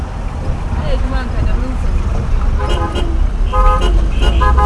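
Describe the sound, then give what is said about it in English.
Dense road traffic around town in Afienya, Ghana, rumbles steadily, with several car horns honking in short overlapping toots, and voices talking faintly underneath the constant engine noise. “Traffic right there.”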